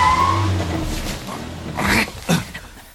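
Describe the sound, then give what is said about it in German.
A rental car's engine, sabotaged, breaks down mid-journey with an ugly noise as smoke pours from under the hood: a low rough rumble and a thin whine, then two harsh, hissing coughs near the end, with no one talking. “Doch mitten auf der Strecke machte das Fahrzeug plötzlich ein hässliches Geräusch und unter der Motorhaube quoll Rauch hervor.”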